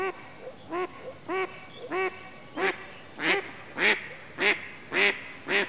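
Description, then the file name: Mallard quacking steadily, about ten nasal quacks, the first ones softer and the later ones louder and harsher. "Digiffects Sound Effects Library - Mallard Duck Quacking"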